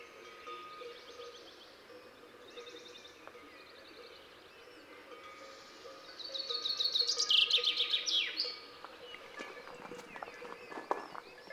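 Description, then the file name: Common chaffinch song: soft high notes early, then a louder trill ending in a brisk flourish. "Fringilla coelebs"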